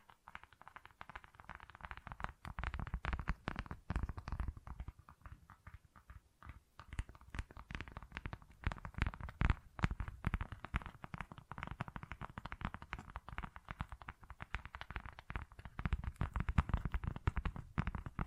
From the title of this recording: Tingly Textures Tapping and Scratching